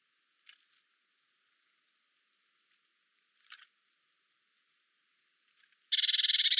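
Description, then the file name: Eurasian blue tit calls: a few brief high-pitched pips and short scratchy notes, ending in a loud, fast buzzing churr of evenly repeated pulses. "Cyanistes caeruleus"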